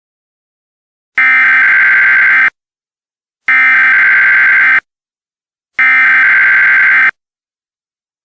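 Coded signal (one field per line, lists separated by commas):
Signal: Emergency Alert System (SAME) tones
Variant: header bursts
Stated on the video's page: Fictional EAS scenario.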